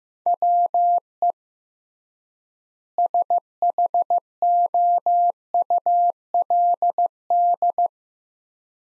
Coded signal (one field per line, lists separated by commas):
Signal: Morse code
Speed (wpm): 15 wpm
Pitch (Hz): 700 Hz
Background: none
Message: WE SHOULD